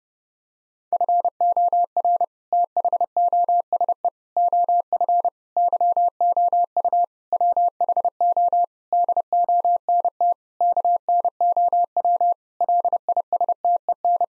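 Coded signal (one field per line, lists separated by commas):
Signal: Morse code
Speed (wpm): 30 wpm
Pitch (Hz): 700 Hz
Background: none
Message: FOR THOSE OF YOU WHO DONT KNOW LISTEN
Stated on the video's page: Morse practice at 30 wpm, sentences with common seven-word phrases for head-copy.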